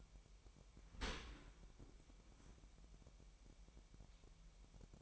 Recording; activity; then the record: daily activity, microphone in the room; open dishwasher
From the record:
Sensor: 1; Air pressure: 998.4 hPa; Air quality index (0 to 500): 138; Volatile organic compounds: 4 ppm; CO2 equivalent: 1656 ppm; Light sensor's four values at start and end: 16/55/22/22 and 16/55/22/22